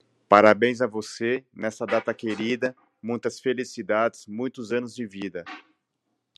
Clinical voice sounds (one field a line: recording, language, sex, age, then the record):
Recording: short text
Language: Brazilian Portuguese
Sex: male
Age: 40 to 49 years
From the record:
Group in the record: control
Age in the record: 46 years